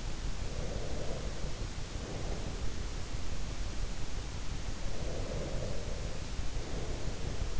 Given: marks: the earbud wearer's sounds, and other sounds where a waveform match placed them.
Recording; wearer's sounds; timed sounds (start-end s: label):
sounds in sleep by an in-ear microphone; breath
0.44-2.96 s: breath
4.77-7.59 s: breath